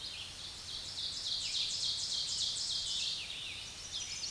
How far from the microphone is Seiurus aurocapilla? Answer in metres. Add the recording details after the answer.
about 40 m. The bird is about 10 m above the microphone. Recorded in a Pennsylvania forest on 16 May 2024 at 06:33. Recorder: AudioMoth, point MSD-2146. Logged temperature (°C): 16.7 °C. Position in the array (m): 135 m, 5 m